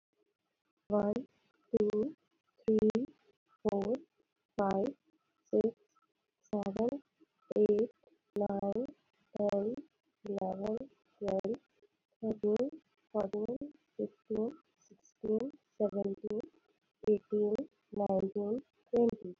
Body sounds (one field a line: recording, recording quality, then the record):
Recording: counting at a normal pace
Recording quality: excellent, no background noise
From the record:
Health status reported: healthy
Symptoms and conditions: asthma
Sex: female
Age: 21 years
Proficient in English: yes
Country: India